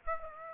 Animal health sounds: mosquito wingbeat signal from an infrared sensor; Aedes aegypti

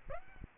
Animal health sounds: mosquito wingbeat signal from an infrared sensor; Aedes aegypti

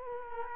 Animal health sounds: mosquito wingbeat signal from an infrared sensor; Culex quinquefasciatus

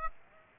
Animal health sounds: mosquito wingbeat signal from an infrared sensor; Aedes aegypti

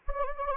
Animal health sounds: mosquito wingbeat signal from an infrared sensor; Anopheles gambiae

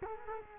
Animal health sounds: mosquito wingbeat signal from an infrared sensor; Culex quinquefasciatus

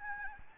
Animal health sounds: mosquito wingbeat signal from an infrared sensor; Aedes albopictus

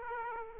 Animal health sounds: mosquito wingbeat signal from an infrared sensor; Aedes aegypti

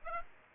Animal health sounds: mosquito wingbeat signal from an infrared sensor; Aedes aegypti

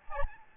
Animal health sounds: mosquito wingbeat signal from an infrared sensor; Aedes albopictus

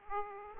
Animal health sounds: mosquito wingbeat signal from an infrared sensor; Aedes aegypti

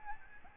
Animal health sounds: mosquito wingbeat signal from an infrared sensor; Aedes albopictus

